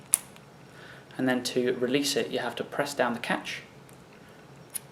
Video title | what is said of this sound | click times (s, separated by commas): Cables and Connections in the Live Room | into the female end and you should hear a nice click | 0.1 s